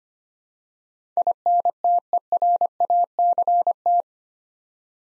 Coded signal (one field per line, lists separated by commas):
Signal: Morse code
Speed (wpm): 25 wpm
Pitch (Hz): 700 Hz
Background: none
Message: INTERACT